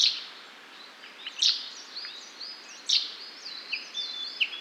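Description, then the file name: Common chaffinch giving short, bright high-pitched notes about every one and a half seconds, with other birds chirping and whistling in the background. "Fringilla coelebs"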